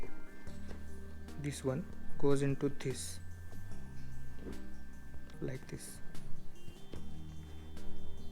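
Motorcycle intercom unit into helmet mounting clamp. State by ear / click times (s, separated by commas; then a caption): not seated / none. A SENA 30K Bluetooth motorcycle intercom unit is handled against its helmet-mounted clamp plate, with the small red rib being pressed toward the hole, while someone talks over background music. A few faint handling taps are heard near the end. Nothing has seated or clicked yet.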